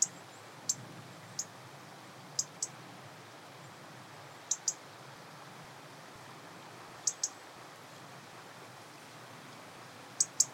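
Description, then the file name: European robin uttering high, thin ticking notes, single or paired, at irregular intervals over a quiet background. "Erithacus rubecula"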